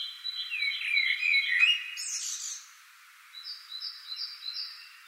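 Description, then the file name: Common blackbird song: low fluty warbled phrase slurring downward, then a squeaky high twitter, followed by a run of thin high repeated notes. "Turdus merula"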